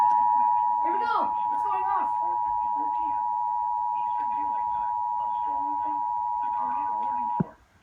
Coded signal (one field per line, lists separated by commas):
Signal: Emergency Alert System (SAME) tones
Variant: 853 and 960 Hz attention tone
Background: speech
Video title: Tornado Warning! (EAS 1.32K) NWS Columbia, SC [Trimmed to avoid Copyright]